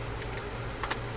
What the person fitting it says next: well the case went on nice and easy you just heard that nice click